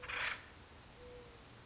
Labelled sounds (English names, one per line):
Acorn Woodpecker